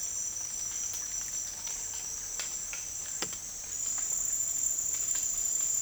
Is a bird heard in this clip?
no